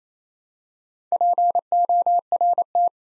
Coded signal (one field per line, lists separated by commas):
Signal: Morse code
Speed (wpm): 29 wpm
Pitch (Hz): 700 Hz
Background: none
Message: PORT